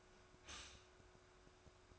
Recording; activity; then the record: daily activity, microphone in the room; stop toaster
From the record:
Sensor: 2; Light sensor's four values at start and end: 4/10/3/4 and 4/10/3/4